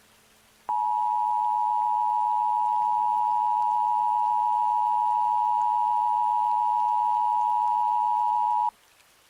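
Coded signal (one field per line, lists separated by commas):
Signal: Emergency Alert System (SAME) tones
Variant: 853 and 960 Hz attention tone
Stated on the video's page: Simulated EAS scenario about a Hudson River Valley flood, a fictional recreation rather than a real alert.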